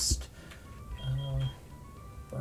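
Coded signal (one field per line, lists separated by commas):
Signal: none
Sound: a game's menu beeps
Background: speech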